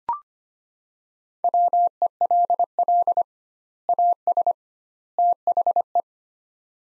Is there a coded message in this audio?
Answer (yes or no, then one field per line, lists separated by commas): yes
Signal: Morse code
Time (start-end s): 1.4-6.0 s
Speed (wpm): 25 wpm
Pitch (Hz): 700 Hz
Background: none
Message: WELL AS THE